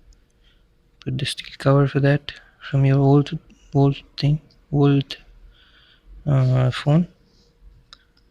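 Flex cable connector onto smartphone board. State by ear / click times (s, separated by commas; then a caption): seated / 7.9 s. Someone talks while a flex cable connector clamp is pressed home onto a Samsung Galaxy smartphone board. A short, sharp click sounds at 7.9 s as the clamp seats in place.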